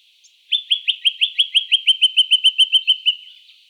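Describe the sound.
Jacky winter giving a fast series of many bright, high chirped notes, each sharply down-slurred, fading at the end.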